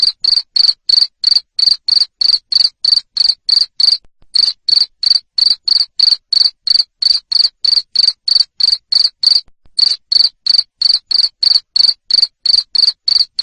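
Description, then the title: Cricket chirps, shrill and steady, about three per second, broken by two short gaps. Loud cricket chirping (jangkrik ngerik) played to stimulate lovebirds into continuous singing (ngekek). "Suara JANGKRIK NGERIK Keras Bikin LOVEBIRD Jadi NGEKEK Terus Vubey"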